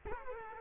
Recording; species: mosquito wingbeat signal from an infrared sensor; Culex quinquefasciatus